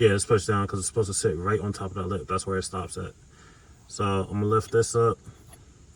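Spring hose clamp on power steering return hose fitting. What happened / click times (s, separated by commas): Handled, not yet home: hose clamp not yet snapped into place / none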